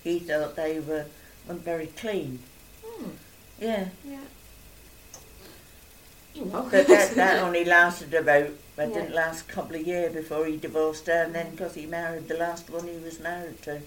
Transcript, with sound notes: He thought they were, weren't very clean.
Mhm?
Yeah.
Yeah. Oh well. [laughs]
But that only lasted about. It didn't a couple of years before he divorced her and then 'course he married the last one he was married to.